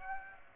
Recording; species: mosquito wingbeat signal from an infrared sensor; Aedes aegypti